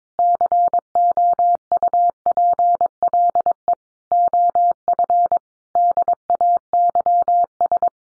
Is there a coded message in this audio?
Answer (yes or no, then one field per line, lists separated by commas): yes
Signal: Morse code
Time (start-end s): 0.2-7.9 s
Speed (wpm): 22 wpm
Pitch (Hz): 700 Hz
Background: none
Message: COUPLE OF DAYS